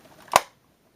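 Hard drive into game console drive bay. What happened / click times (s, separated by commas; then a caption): The drive clicked into its bay / 0.4 s. A replacement 320 GB hard drive is slid into the drive bay of an Xbox 360 Slim console, where the old 250 GB drive sat, with the tab held outward. After faint low rustling, it latches with one sharp, loud click at 0.4 s, then the sound dies away into silence. The drive is seated.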